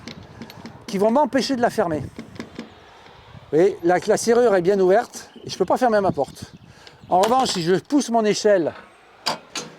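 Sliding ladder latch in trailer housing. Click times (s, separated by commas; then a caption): 9.3 s. A sliding ladder latch in a trailer housing: someone talks while the ladder is pushed all the way into its housing. A sharp click at 9.3 s marks it engaging and locking, which lets the door close. The ladder is confirmed well engaged and locked.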